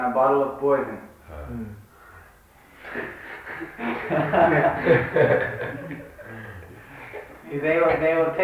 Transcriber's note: laughter